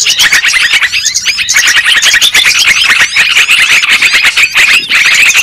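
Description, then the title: Lovebird chatter, a constant stream of piercing high squeaks and twittering notes from many birds calling over one another. Lovebird sounds used as a lure for trapping birds. "PIKAT BURUNG LOVEBIRD"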